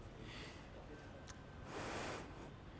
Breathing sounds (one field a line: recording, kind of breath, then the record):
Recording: one breath in and out by a microphone near the nose and mouth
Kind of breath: normal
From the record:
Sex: female